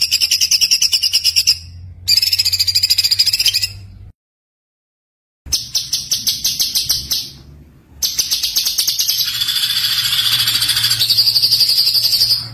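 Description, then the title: White-eye singing a rapid, high, chattering series of pulsed notes, broken by abrupt silent gaps, then a denser continuous high warble toward the end. Masteran training recording of a gacor, continuously singing white-eye with full rapid-fire (tembakan) song. "Masteran Burung Pleci Gacor Full Tembakan"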